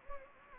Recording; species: mosquito wingbeat signal from an infrared sensor; Anopheles gambiae